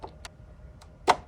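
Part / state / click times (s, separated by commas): computer module into its board slot / seated / 1.1 s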